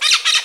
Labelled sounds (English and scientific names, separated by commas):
Brown-throated Parakeet (Eupsittula pertinax) contact call